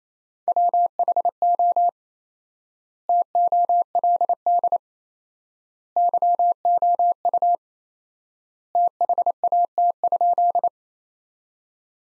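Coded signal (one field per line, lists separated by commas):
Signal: Morse code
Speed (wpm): 28 wpm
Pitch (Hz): 700 Hz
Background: none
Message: WHO TOLD YOU THAT?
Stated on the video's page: Morse practice sentences built from the top 400 words, sent at 28 wpm with 4x standard word spacing, similar to Farnsworth but for words.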